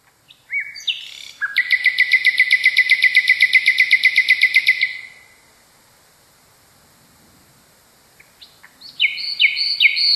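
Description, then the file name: Common nightingale singing: a few sharp whistles, then a long rapid trill of repeated buzzy notes for about three seconds, a pause, then stuttering high whistled phrases. Song variation of a common nightingale. "kicauan-nightingale-a-variasi 1-omkicau"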